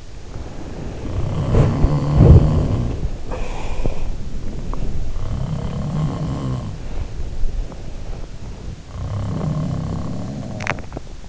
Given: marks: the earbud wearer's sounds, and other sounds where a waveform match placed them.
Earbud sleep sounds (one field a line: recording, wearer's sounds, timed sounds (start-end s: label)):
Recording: sounds in sleep by an in-ear microphone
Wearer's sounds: body movement, breath, swallowing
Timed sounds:
0.00-11.29 s: body movement
0.96-3.15 s: sound from someone else or the room
3.15-4.56 s: breath
5.09-6.90 s: sound from someone else or the room
8.78-11.08 s: sound from someone else or the room
10.30-11.29 s: swallowing